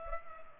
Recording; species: mosquito wingbeat signal from an infrared sensor; Culex pipiens